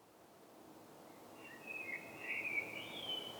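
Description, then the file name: Common blackbird singing a softer warbled phrase that builds up in the second half, with a thin high flourish at the end over steady background hiss. "Turdus merula"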